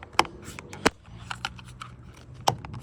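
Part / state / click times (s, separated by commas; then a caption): small plastic clip piece into door lock actuator / seated / 2.5 s. A small plastic clip piece is pressed with a small screwdriver head into the driver's front door lock actuator of a 2005 Scion xB during an actuator replacement. Sharp ticks and taps sound around 0.2 s and 0.9 s, followed by a crisp snap at 2.5 s as the piece seats in place.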